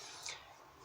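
A plastic scraper is worked around the edge of the radio surround on a 2002–2014 Saab 9-3 to free the spring clips that hold the radio in the dashboard console. Over a steady background hiss, one short, sharp pop stands out at 0.3 s. That pop is the radio's retaining spring clip releasing from the dash.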